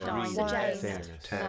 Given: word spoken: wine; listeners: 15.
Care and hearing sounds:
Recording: one English word in noise, from a listening test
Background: four-talker babble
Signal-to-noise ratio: -2.3 dB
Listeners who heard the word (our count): 6 of 15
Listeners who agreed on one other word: 6 of 15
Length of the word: 1.09 s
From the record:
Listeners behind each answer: 6, 6, 1, 1, 1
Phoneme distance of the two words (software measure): 51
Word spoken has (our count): 1 syllable, 3 phonemes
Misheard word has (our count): 2 syllables, 6 phonemes, stress on syllable 2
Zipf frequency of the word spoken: 4.84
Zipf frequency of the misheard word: 4.63

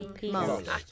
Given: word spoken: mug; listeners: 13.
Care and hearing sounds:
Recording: one English word in noise, from a listening test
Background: four-talker babble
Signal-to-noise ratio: -1.9 dB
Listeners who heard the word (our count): 0 of 13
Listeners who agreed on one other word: 7 of 13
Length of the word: 0.52 s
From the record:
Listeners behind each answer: 7, 2, 1, 1, 1, 1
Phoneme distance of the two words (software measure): 30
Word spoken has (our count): 1 syllable, 3 phonemes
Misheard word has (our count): 1 syllable, 3 phonemes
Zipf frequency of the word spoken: 3.93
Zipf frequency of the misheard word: 4.74

